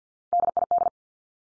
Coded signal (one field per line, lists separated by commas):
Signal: Morse code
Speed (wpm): 50 wpm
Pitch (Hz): 700 Hz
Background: none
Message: DID